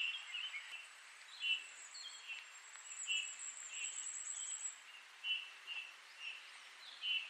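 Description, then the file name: Eurasian bullfinch giving soft, piping single notes every second or so, while another bird adds a thin, very high trill in the middle. "Pyrrhula pyrrhula"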